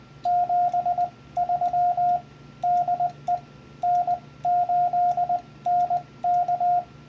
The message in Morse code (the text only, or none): 73 DE N8NK